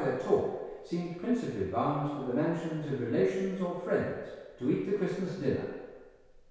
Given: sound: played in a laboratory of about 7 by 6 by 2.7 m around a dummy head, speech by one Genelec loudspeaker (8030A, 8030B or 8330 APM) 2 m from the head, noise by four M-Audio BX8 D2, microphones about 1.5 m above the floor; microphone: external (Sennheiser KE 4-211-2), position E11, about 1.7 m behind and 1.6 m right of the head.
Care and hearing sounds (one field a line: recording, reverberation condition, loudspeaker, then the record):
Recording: male speech in English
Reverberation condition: high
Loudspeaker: 90 degrees to the right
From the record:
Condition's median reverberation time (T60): about 1300 ms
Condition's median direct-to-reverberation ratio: about -4.0 dB